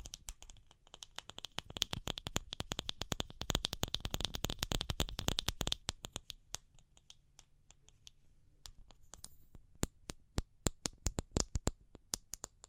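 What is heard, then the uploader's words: Sharp tapping comes in a fast, dense flurry for about six seconds, then slows into sparser, irregular taps over a low background hum. ASMR Pure Tapping Fast and Slow (No Talking).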